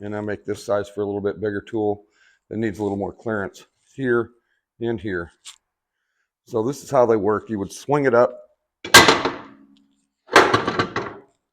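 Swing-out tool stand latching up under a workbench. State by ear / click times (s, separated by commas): seated / 10.4 s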